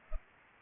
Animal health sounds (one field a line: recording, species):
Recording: mosquito wingbeat signal from an infrared sensor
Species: Culex pipiens